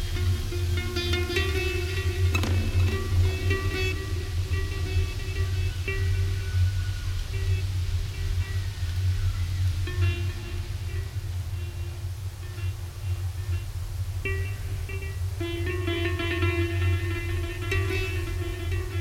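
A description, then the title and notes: An aeolian lute sings over a steady low rumble, its ringing tones shifting and brightening, swelling near two seconds and again after fifteen. The soundscape on a mountain above the village of Ngang Nội, Vietnam, was captured together with acoustic recordings of aeolian lute playing. My recording setup gave me a very detailed representation of the interaction between the wind and my instrument, and of any action I would perform. From all sides, the noise from the surrounding villages was a constant, but distant, presence.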